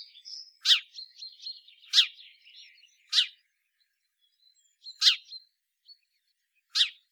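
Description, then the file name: House sparrow calling with sharp, emphatic chirps spaced one to two seconds apart, five in total, with faint high twittering early on and near silence between later calls. "Passer domesticus"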